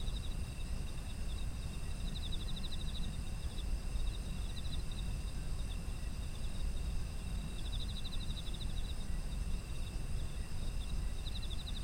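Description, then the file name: Insect trills: several pulsed chirping bursts spread through, with an unbroken high drone and low rumble. Autumn insect ambient sound. "秋の虫の環境音"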